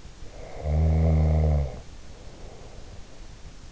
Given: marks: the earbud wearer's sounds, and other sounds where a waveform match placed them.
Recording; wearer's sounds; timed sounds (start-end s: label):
sounds in sleep by an in-ear microphone; snoring breath
0.26-3.38 s: snoring breath